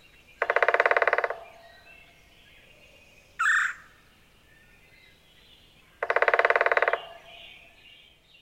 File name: Red-bellied Woodpecker